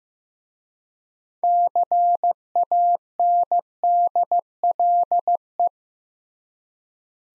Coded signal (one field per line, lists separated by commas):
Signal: Morse code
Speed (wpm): 15 wpm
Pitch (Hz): 700 Hz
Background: none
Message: CANDLE